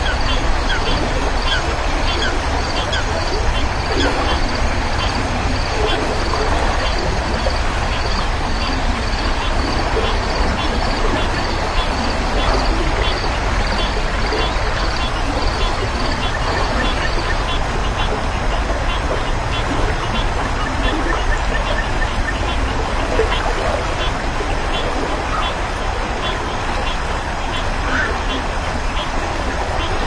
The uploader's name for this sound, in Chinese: 静静的河流蛙虫啼鸣